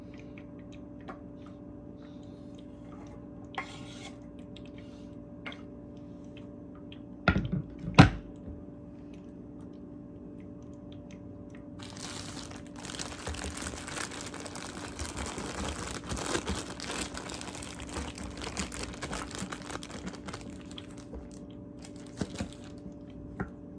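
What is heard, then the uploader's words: Carrot chopping over a steady low hum that runs throughout. A couple of sharp knocks land around seven to eight seconds, then from about twelve seconds a dense, crisp crunching and rustling fills the rest, with scattered small clicks. ASMR Carrot Chopping.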